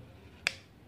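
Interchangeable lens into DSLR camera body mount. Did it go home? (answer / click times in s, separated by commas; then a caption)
yes / 0.5 s. An interchangeable lens is fitted onto a DSLR camera body mount and twisted anticlockwise until it locks. A single sharp click is heard at 0.5 s against a quiet background, showing the lens is seated and attached.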